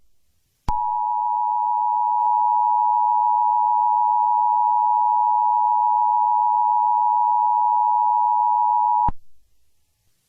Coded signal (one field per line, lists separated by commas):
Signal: Emergency Alert System (SAME) tones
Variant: 853 and 960 Hz attention tone